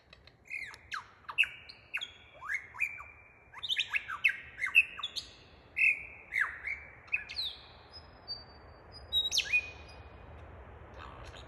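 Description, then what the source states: Superb lyrebird song: a rapid medley of sharp whistled notes, downslurred whips and rising sweeps, high and varied, with brief pure tones near the end. Superb lyrebird in Toolangi State Forest.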